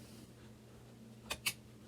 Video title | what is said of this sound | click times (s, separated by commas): Henry H001 lever action receiver strip & reassembly | just like that locks into place | 1.3 s